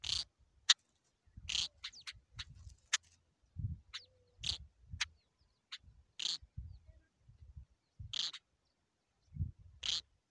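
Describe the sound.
Capped wheatear giving short, sharp clicking calls in scattered bursts, with low thumping sounds between them.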